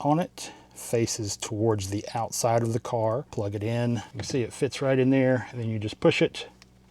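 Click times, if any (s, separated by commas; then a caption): none. A wiring pigtail adapter plug, with its clip facing the outside of the car, is fitted into the trailer brake controller connector under the dash of a 2025 Tesla Model Y for a radar detector install, while someone talks. The plug is set in and about to be pushed in to latch, but nothing has seated or clicked yet.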